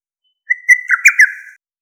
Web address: Lesser cuckoo